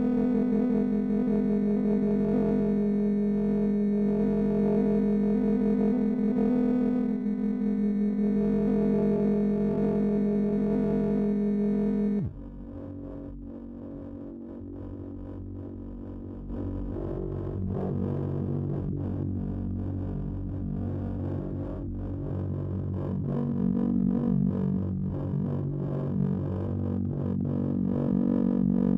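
A swarm of FM tones from an oscillator bank holds a dense, steady buzzing chord with strong low and middle tones for about twelve seconds. It then cuts abruptly to a darker, quieter, more chaotic cluster of shifting pitches that gradually grows louder toward the end.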